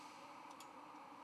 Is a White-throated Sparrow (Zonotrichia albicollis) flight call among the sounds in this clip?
no